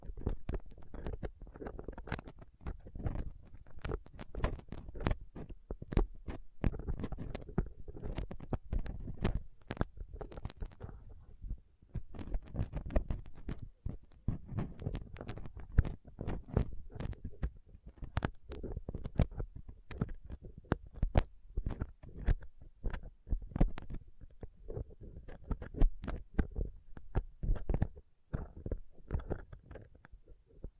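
Rough scraping and picking against a microphone, a dense run of sharp clicks and scratches with brief pauses near 7, 11 and 28 seconds.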